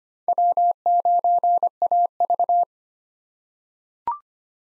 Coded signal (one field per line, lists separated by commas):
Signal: Morse code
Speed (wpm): 25 wpm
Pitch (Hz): 700 Hz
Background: none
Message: W9AV